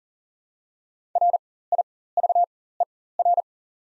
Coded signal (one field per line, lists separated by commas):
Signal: Morse code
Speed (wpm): 40 wpm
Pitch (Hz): 700 Hz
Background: none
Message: RIVER